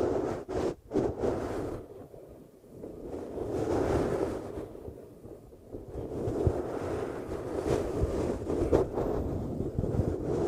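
A muffled eardrum-massage sound: a dense, low rumbling rush like wind buffeting a microphone, swelling and easing in slow waves. The first second is choppy with abrupt dropouts and thumps, and a few brighter crackles break through near the nine-second mark.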